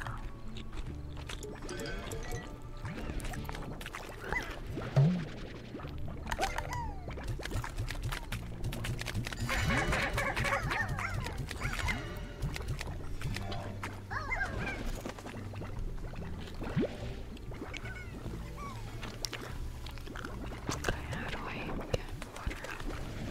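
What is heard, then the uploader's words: Gum chewing mouth sounds: a dense, continuous stream of wet clicks, smacks and squelches at an uneven pace for the full length. A short, sharp squeak stands out around five seconds, and the level stays fairly steady throughout. Gum Chewing Mouth Sounds.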